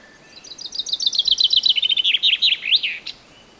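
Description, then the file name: Common chaffinch singing a single descending trill that finishes with an emphatic twisted flourish, over faint background hiss. "Fringilla coelebs"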